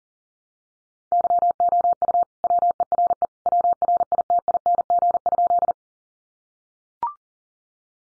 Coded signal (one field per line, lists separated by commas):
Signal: Morse code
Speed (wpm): 39 wpm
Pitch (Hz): 700 Hz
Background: none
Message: YOU WERE WRITING?